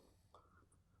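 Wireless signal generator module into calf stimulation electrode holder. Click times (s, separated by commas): 0.4 s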